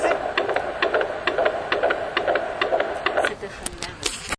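A baby's heartbeat on a home Doppler: rapid, regular whooshing pulses at about 130–140 per minute ride over a steady hum. The rate sits within the normal fetal range. The final second turns to scraping and static as the probe shifts.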